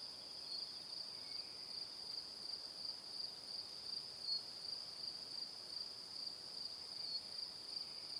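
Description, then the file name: Cricket trilling high and continuously throughout, with a faint hiss underneath. Crickets in the evening. "Calm - Evening Crickets"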